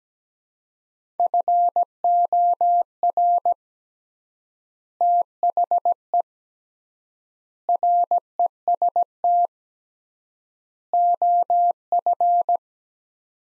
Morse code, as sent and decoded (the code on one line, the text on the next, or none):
..-. --- .-. / - .... . / .-. . ... - / --- ..-.
FOR THE REST OF